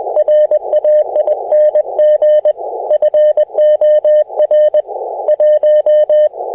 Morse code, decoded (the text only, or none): RAING FOR 1